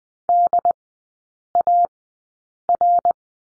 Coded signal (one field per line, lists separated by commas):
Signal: Morse code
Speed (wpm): 19 wpm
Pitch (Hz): 700 Hz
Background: none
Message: DAR